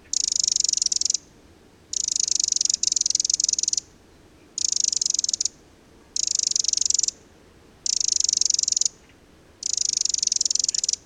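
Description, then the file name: Eurasian wren giving dry, high rattling churrs, each burst about one to two seconds long, repeated roughly six times with short silent gaps between. "Eurasian Wren (Troglodytes troglodytes)"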